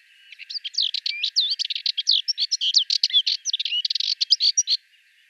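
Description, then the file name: Sardinian warbler song: a rapid, unbroken chatter of about four and a half seconds, harsh rattling notes mixed with sweeter slurred whistles at a fast, uneven pace. "Fauvette melanocephale"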